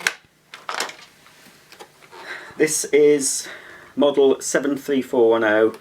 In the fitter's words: then it pops back until it clicks this